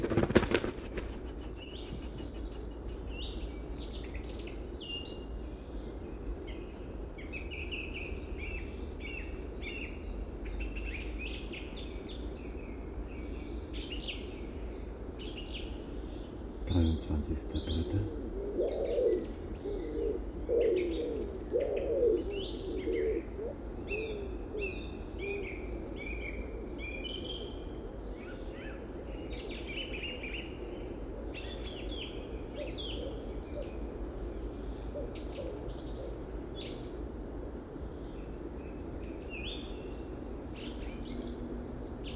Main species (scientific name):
Columba palumbus